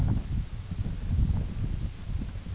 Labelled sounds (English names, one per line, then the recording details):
none
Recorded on Arctic tundra, site UTQI-8, on 16 June 2019
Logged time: 20:00